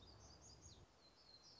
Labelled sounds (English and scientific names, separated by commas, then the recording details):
Black-throated Gray Warbler (Setophaga nigrescens)
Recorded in Sonoma County, California